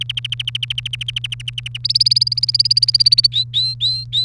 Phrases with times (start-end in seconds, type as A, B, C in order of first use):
0.01-1.77 A, 1.84-3.27 B, 3.32-4.24 C